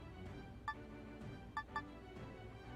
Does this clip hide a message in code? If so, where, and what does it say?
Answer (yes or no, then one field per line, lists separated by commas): no